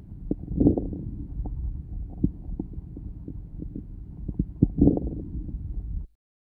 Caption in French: Crépitants de début d'inspiration. Ils sont peu nombreux et localisés au début de l'inspiration. Ils sont caractéristiques d'une obstruction bronchique sévère.